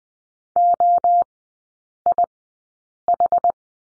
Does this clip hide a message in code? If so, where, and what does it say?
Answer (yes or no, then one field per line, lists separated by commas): yes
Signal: Morse code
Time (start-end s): 0.6-3.5 s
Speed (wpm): 20 wpm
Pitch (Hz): 700 Hz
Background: none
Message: OIH